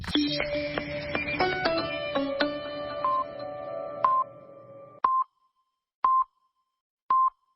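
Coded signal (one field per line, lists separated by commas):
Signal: radio time signal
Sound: a jumble of overlapping beeps and tones, then three clean pips one second apart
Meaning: Top-of-hour time signal, garbled by far too many extra pips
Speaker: ha pasado en una radio seria el pasado sábado, en concreto en la cadena ser.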